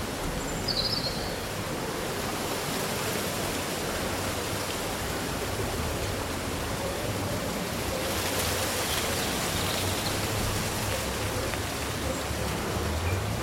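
Leaves rustle in a steady, dense breeze, swelling brighter around eight seconds, with one brief high bird chirp near the start.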